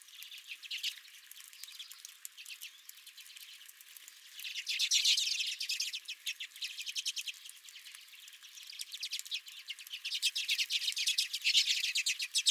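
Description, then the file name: Redpoll calls from several birds, steady background twitter with louder rapid chattering bursts near five seconds and again near the end. Several redpolls at the recordist's feeder. "Redpolls at My Feeder"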